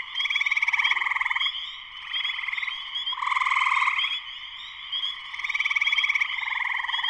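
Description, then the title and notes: Dense spring peeper chorus, unbroken high peeps layered with loud pulsed trills arriving in uneven surges. Full chorus shortly after sunset in Sleeping Bear Dunes National Lakeshore, northern Michigan, USA. "Spring peepers (chorus frogs) in concert. Spring peepers (chorus frogs) in full chorus shortly after sunset in the Sleeping Bear Dunes National Lakeshore in northern Michigan, USA. Recorded by Darrin Wassom. Part of the Music for Sleep project"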